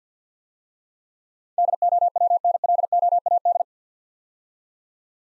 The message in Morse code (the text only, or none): DOWNLOAD